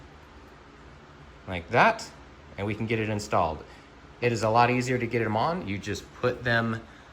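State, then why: Not seated. A powered frunk strut's socket end is handled near its ball stud on the hood hinge, where it will be pushed on until it snaps into place. Someone talks throughout over a faint steady background hiss. Nothing has seated or clicked yet.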